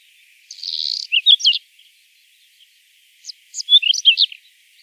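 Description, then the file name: Reed bunting calls: a buzzy note runs straight into a few sharp chirps, then after a pause another quick cluster of high, clipped notes. "Migliarino Di Palude"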